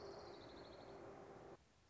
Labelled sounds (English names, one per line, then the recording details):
Orange-crowned Warbler
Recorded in Sonoma County, California